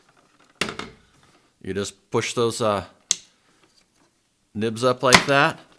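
A plastic extension handle is being fitted onto a cordless handheld PoolMr pool vacuum body, with the spring nibs pushed up while someone talks. Short handling sounds are heard at about 0.6, 0.8 and 3.1 seconds. The handle has not locked in yet, and nothing has seated or clicked.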